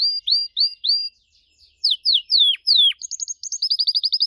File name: canto do canario gloster